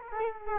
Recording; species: mosquito wingbeat signal from an infrared sensor; Culex quinquefasciatus